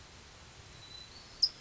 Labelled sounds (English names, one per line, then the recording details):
California Towhee
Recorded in Sonoma County, California